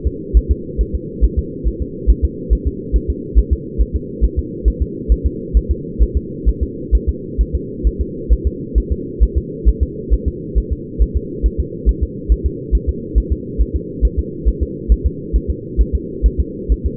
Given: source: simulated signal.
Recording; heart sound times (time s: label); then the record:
fetal heart sounds
0.07 s: S2
0.37 s: S1
0.51 s: S2
0.81 s: S1
0.95 s: S2
1.24 s: S1
1.39 s: S2
1.67 s: S1
1.82 s: S2
2.10 s: S1
2.25 s: S2
2.53 s: S1
2.67 s: S2
2.96 s: S1
3.10 s: S2
3.39 s: S1
3.53 s: S2
3.81 s: S1
3.96 s: S2
4.24 s: S1
4.39 s: S2
4.68 s: S1
4.82 s: S2
5.12 s: S1
5.26 s: S2
5.57 s: S1
5.71 s: S2
6.03 s: S1
6.17 s: S2
6.49 s: S1
6.63 s: S2
6.95 s: S1
7.09 s: S2
7.41 s: S1
7.55 s: S2
7.87 s: S1
8.01 s: S2
8.33 s: S1
8.47 s: S2
8.78 s: S1
8.92 s: S2
9.23 s: S1
9.38 s: S2
9.69 s: S1
9.83 s: S2
10.14 s: S1
10.28 s: S2
10.58 s: S1
10.72 s: S2
11.02 s: S1
11.17 s: S2
11.46 s: S1
11.60 s: S2
11.89 s: S1
12.03 s: S2
12.32 s: S1
12.46 s: S2
12.75 s: S1
12.89 s: S2
13.18 s: S1
13.32 s: S2
13.61 s: S1
13.76 s: S2
14.05 s: S1
14.19 s: S2
14.48 s: S1
14.63 s: S2
14.92 s: S1
15.06 s: S2
15.36 s: S1
15.50 s: S2
15.81 s: S1
15.95 s: S2
16.26 s: S1
16.40 s: S2
16.72 s: S1
16.86 s: S2
From the record:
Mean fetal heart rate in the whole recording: 135 bpm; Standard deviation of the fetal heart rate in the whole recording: 3 bpm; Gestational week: 34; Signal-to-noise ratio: -4.1 dB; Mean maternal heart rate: no maternal heart sound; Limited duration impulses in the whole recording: absent